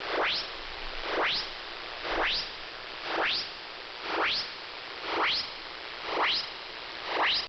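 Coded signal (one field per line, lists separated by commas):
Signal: radar signal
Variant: CODAR ocean radar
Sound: repeating upward swooshing chirps, about one per second, eight in all, over hiss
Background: radio static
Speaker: So that was around 4780 kHz. If you look into coder, it's actually a fascinating technology. It stands for coastal ocean dynamics application radar.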